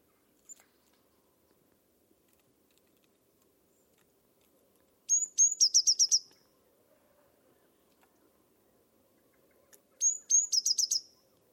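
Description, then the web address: Bird song heard twice: a pair of high whistled notes leading into a rapid string of bright chips, with soft low background noise between phrases. Bird-only recording from a 2025 bird dataset. "cianscape birddata Deverinetal 2025 Bird Only"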